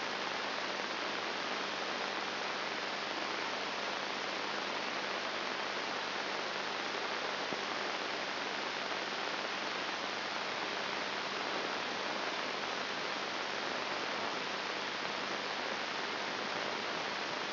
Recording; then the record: brain microelectrode recording played as sound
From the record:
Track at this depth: inside the subthalamic nucleus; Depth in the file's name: 0.707 mm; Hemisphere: left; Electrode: 3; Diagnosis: Parkinson's disease